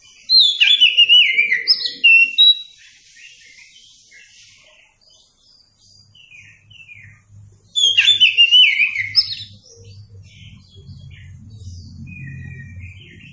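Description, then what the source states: Oriental magpie-robin song: two bursts of fast, varied whistles and chirps several seconds apart, with a low steady hum in the quiet stretch between them. Song recording (masteran) used to train captive songbirds.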